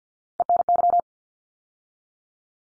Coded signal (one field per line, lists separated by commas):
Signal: Morse code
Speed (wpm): 53 wpm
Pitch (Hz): 700 Hz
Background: none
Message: ENY